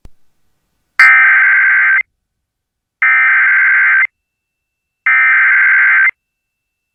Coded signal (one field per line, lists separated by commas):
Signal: Emergency Alert System (SAME) tones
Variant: header bursts